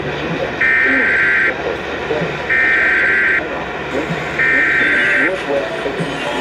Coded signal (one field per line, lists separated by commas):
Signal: Emergency Alert System (SAME) tones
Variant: header bursts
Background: speech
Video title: svs on 6 stations (8/1/22) EAS 1324-1329